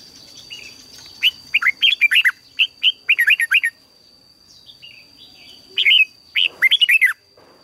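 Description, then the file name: Red-whiskered bulbul singing a long string of cheerful, slurred whistled notes, pausing, then another quick bubbly phrase, with a faint high tone running throughout. "Tieng chao mao hot"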